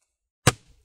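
While reassembling an HP 15 DY 1002 laptop after a RAM upgrade, one side of the plastic bottom cover is pressed down hard so its snap clips click into the chassis. A single sharp snap is heard at 0.5 s, followed by a brief faint rattle. The cover clip snaps home and is seated.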